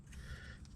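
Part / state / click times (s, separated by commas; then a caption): electrical connector on turbo diverter valve / released / 0.7 s. A screwdriver bends back the plastic locking tab on the electrical connector of a turbo diverter valve on an Audi B8/B8.5 so the connector can be pulled off. A soft scraping movement is followed by a small, sharp click at 0.6 s as the tab releases. The connector is now free to be removed.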